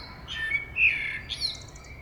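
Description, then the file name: Common blackbird giving a short mellow fluted phrase that ends in a thin, high twittering squeak. "Turdus merula"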